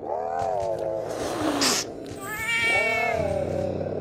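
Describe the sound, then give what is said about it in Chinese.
Several startled feral cats in the weeds of an overgrown courtyard meow in overlapping, drawn-out cries after a door sounds, two main yowls rising and falling in pitch, fairly loud, with a brief hiss-like burst between them and a low rumbling undertone. “几只野猫在草丛里撅着屁股，也不知道在争抢着什么。听到门响，惊得各自喵呜一声，上墙的上墙，进屋的进屋”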